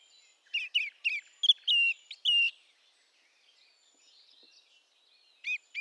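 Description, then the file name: Eurasian blackcap opening with a string of clear whistled and chirping notes, a pause, then a couple more notes at the end. "Sylvia atricapilla"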